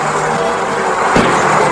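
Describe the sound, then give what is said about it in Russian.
A truck rolls by with a steady, loud rumble of engine and road noise, broken by one short thump partway through. No one speaks. “Проезжает грузовая машина.”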